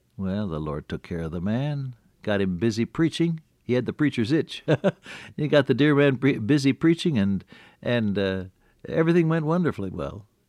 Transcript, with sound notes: Well, the Lord took care of the man, got him busy preaching. He had the preacher’s itch. [chuckle] He got the dear man busy preaching and everything went wonderfully well.